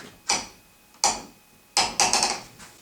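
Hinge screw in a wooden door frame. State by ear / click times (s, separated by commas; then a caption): stripped / none. A screwdriver turns a wood screw holding a door hinge in a wooden door frame, making sharp ticking hits at about 0.3, 1.0, 1.8, 2.0 and 2.1 seconds. The screw keeps spinning in its stripped hole and never tightens, so nothing has seated or clicked yet.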